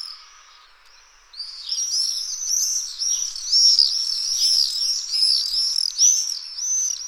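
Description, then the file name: Common swift screaming calls: after a quiet start, a continuous run of shrill, high, arched notes. "Falciot Cant"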